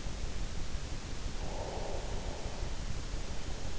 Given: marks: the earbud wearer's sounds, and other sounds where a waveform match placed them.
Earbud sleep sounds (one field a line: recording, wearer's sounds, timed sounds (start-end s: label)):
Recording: sounds in sleep by an in-ear microphone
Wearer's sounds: breath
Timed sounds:
1.32-3.76 s: breath